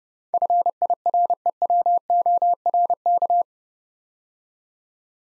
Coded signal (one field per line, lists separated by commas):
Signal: Morse code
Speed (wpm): 28 wpm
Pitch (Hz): 700 Hz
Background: none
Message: FIREWORK